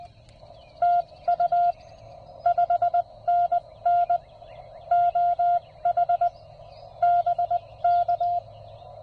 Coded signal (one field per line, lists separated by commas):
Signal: Morse code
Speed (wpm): 18 wpm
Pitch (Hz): 700 Hz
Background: none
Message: TU 5NN OH BK